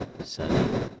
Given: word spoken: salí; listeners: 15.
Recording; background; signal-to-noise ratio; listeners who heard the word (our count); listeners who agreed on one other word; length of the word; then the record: one Spanish word in noise, from a listening test; noise modulated by one talker; -7.8 dB; 0 of 15; 8 of 15; 0.60 s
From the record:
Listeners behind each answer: 8, 1, 1, 1, 1, 1, 1, 1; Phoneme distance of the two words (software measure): 7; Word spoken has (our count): 2 syllables, 4 phonemes, stress on syllable 2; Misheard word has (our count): 2 syllables, 5 phonemes, stress on syllable 2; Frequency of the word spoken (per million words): 13.03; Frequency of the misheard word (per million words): 147.13